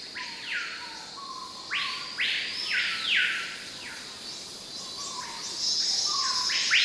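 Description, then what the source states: Cicadas give a steady high, hissing drone throughout, while birds add loud swooping whistles that rise and fall in arcs, with faint lower whistled notes between them. Cicadas in a forest, heard together with exotic birds.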